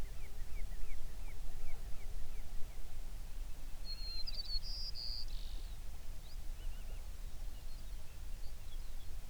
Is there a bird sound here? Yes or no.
yes